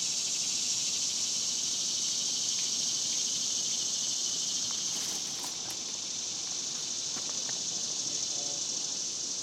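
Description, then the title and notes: Cicadas in a continuous high, hissing drone, with faint brief ticks and clicks around the middle. Cicadas recorded outdoors in daytime in a cemetery in summer. "Ext, Daytime Cicadas, Cemetery, Summer by Bandeto"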